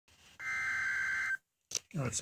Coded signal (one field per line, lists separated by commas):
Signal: Emergency Alert System (SAME) tones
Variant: header bursts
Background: speech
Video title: EAS 72 - Tornado Warning Choctaw AL